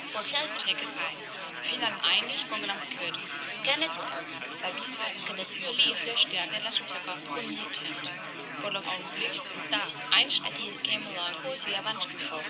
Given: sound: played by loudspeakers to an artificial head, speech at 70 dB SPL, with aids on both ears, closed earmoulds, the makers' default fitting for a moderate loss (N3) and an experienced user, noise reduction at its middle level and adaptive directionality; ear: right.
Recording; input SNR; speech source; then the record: speech test signal (ISTS) in cocktail-party noise; -6 dB; on the right (90 degrees)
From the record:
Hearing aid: class 1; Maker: G